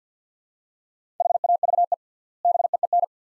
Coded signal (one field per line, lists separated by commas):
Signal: Morse code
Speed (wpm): 49 wpm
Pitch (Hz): 700 Hz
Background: none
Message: HAVE BEEN